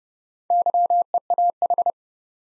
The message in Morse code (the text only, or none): YEAH